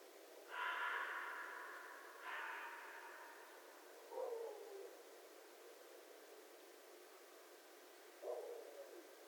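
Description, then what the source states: Red fox call: two harsh, hoarse cries in quick succession, followed by two shorter, lower, quieter yelps. Recorded 11 January 2012.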